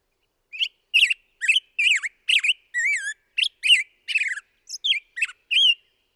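Black-headed grosbeak song made of varied whistled notes, some buzzy and some pure and slurred, flowing in a continuous caroling phrase over about five seconds.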